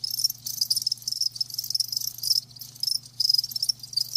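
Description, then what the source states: Crickets: high-pitched pulsed trills, steady chirping with a brief lull near the middle, a faint low drone behind. Live crickets chirping.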